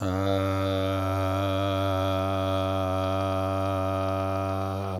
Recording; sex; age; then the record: sustained vowel /a/; male; 60 to 69 years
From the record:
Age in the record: 66 years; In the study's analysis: included